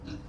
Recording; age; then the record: pig call; growing-finishing pig (85 days or more)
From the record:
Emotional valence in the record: positive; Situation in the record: run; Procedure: transit